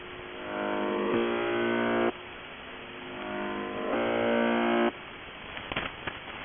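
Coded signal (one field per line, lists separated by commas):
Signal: channel marker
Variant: UVB-76 (The Buzzer)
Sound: two harsh low buzzes about a second long, separated by hissing radio static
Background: radio static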